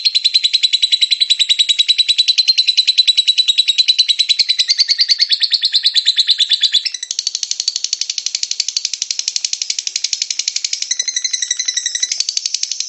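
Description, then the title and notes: Lovebird ngekek song: a long, unbroken chatter of rapid, harsh notes, about three per second, high and buzzy, shifting tone midway and near the end. Long ngekek song of a lovebird, used as a bait song (kicau pancingan) to prompt other lovebirds to sing. "suara Master Kicau Lovebird ngekek, kicau pancingan"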